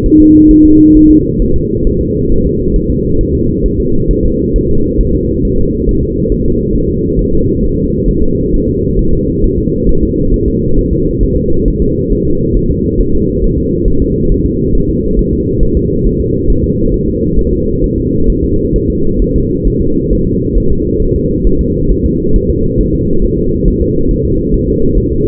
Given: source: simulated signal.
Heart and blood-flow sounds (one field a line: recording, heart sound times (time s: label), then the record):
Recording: fetal heart sounds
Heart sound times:
0.06 s: S1
0.20 s: S2
0.51 s: S1
0.65 s: S2
0.97 s: S1
1.11 s: S2
1.42 s: S1
1.56 s: S2
1.87 s: S1
2.01 s: S2
2.32 s: S1
2.46 s: S2
2.76 s: S1
2.90 s: S2
3.21 s: S1
3.35 s: S2
3.66 s: S1
3.80 s: S2
4.11 s: S1
4.25 s: S2
4.56 s: S1
4.70 s: S2
5.01 s: S1
5.15 s: S2
5.45 s: S1
5.59 s: S2
5.89 s: S1
6.03 s: S2
6.32 s: S1
6.46 s: S2
6.75 s: S1
6.90 s: S2
7.19 s: S1
7.33 s: S2
7.64 s: S1
7.78 s: S2
8.08 s: S1
8.22 s: S2
8.54 s: S1
8.68 s: S2
8.99 s: S1
9.13 s: S2
9.44 s: S1
9.58 s: S2
9.89 s: S1
10.03 s: S2
10.34 s: S1
10.48 s: S2
10.78 s: S1
10.93 s: S2
11.23 s: S1
11.37 s: S2
11.68 s: S1
11.82 s: S2
12.13 s: S1
12.27 s: S2
12.57 s: S1
12.71 s: S2
13.01 s: S1
13.15 s: S2
13.44 s: S1
13.58 s: S2
13.88 s: S1
14.02 s: S2
14.32 s: S1
14.46 s: S2
14.75 s: S1
14.89 s: S2
15.19 s: S1
15.33 s: S2
15.63 s: S1
15.77 s: S2
16.06 s: S1
16.21 s: S2
16.50 s: S1
16.64 s: S2
16.94 s: S1
17.08 s: S2
17.39 s: S1
17.53 s: S2
17.84 s: S1
17.98 s: S2
18.30 s: S1
18.44 s: S2
18.76 s: S1
18.90 s: S2
19.22 s: S1
19.36 s: S2
19.67 s: S1
19.82 s: S2
20.13 s: S1
20.27 s: S2
20.58 s: S1
20.72 s: S2
21.02 s: S1
21.16 s: S2
21.47 s: S1
21.61 s: S2
21.91 s: S1
22.06 s: S2
22.36 s: S1
22.50 s: S2
22.80 s: S1
22.95 s: S2
23.24 s: S1
23.39 s: S2
23.68 s: S1
23.82 s: S2
24.11 s: S1
24.25 s: S2
24.54 s: S1
24.68 s: S2
24.98 s: S1
25.12 s: S2
From the record:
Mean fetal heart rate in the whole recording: 135 bpm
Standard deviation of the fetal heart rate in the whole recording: 3 bpm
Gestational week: 36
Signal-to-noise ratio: -16.4 dB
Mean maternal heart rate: 72 bpm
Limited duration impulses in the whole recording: present